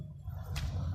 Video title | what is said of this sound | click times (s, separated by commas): Tripod Restoration - Broken Tripod Leg Fixing in Tamil - Travel Tips - Tip for Youtuber and Video | lock ஆகிடும், moment இருக்காது. | 0.6 s